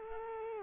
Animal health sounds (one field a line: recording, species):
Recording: mosquito wingbeat signal from an infrared sensor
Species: Culex quinquefasciatus